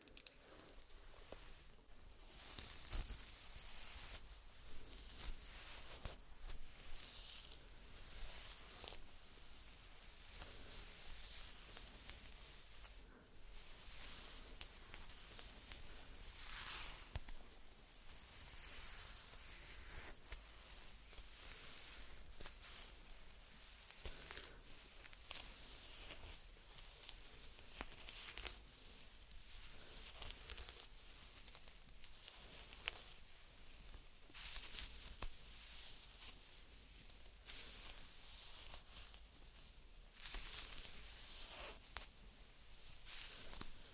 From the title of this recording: ASMR Doing Your Makeup , Pure Sounds , No Talking